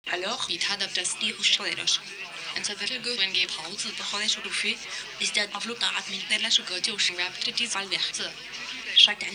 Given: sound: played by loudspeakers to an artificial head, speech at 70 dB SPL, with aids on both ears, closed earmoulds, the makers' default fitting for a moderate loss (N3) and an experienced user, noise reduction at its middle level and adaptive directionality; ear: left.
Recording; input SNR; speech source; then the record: speech test signal (ISTS) in cocktail-party noise; +9 dB; in front (0 degrees)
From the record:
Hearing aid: class 2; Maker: A